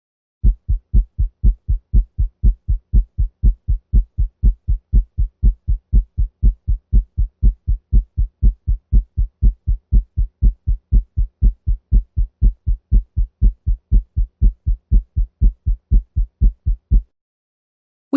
S1 is also longer, louder, and lower pitched than S2 when heard in the tricuspid area. at 120 beats per minute.